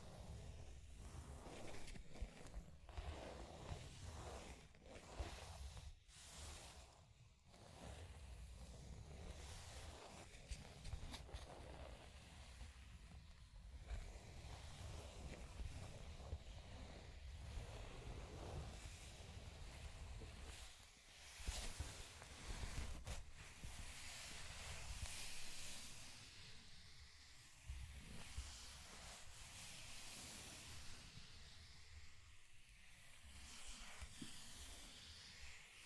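Scratching and tracing sounds run almost without pause for the full 36 seconds, a dense, rough texture of strokes with a steady low rumble underneath. Sharper scrapes stand out near the start, around 5–7 and 11 seconds, and brighter, stronger passages follow after about 21 seconds.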